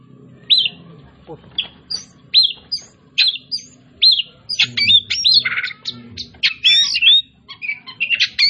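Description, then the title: Oriental magpie-robin song opening with spaced rising whistles, then turning denser with harsh notes and fast chirps, over faint low background noise. Labelled 'Kacer Tretes'; described as gacor (singing continuously and vigorously). "Kacer Tretes Gacor"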